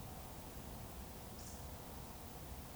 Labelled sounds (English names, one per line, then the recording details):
Eurasian Woodcock whistle
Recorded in Baden-Württemberg, Germany, on 19 May 2020 at 20:08 UTC
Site 31917, 145 m above sea level